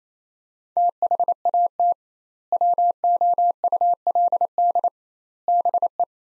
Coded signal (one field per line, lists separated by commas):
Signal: Morse code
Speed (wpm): 28 wpm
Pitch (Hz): 700 Hz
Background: none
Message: THAT WOULD BE